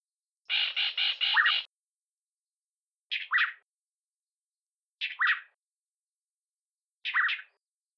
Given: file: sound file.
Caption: The Yellow-breasted Boubou duet initiated by a female with Chock series and then led by female with Chock and male High whee-oo